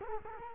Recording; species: mosquito wingbeat signal from an infrared sensor; Culex quinquefasciatus